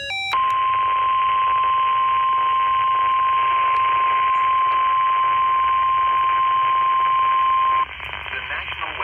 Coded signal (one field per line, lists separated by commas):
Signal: Emergency Alert System (SAME) tones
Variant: 1050 Hz attention tone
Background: speech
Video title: SVR on WXJ20 EAS #219